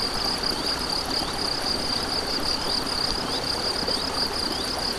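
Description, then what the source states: Cricket song, a shrill unbroken high trill with regular pulses, set against the broad hiss of flowing water. Crickets beside a stream, 7 May 2014, recorded on an MZ-N710 recorder.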